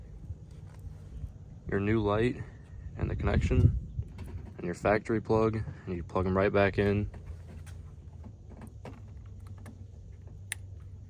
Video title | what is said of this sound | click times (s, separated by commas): Installing Boost Auto Side Marker Fender Lights In Under 5 Minutes (2020-2024) Duramax 2500/3500 | make sure it clicks then click the red safety tab down | 10.5 s